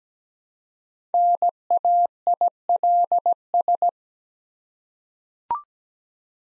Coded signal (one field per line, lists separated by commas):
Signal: Morse code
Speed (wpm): 17 wpm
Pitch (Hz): 700 Hz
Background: none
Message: NAILS